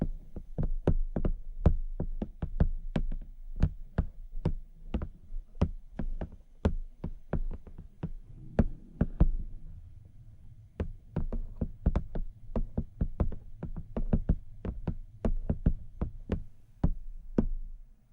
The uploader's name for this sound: Touching & Tapping Your Face (No Talking) Camera Tapping, Scratching, etc.